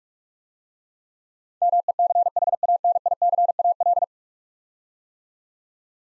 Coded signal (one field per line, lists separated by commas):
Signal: Morse code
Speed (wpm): 42 wpm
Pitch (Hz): 700 Hz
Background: none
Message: MECHANICAL